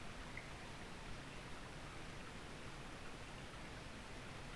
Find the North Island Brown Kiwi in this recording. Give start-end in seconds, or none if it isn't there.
none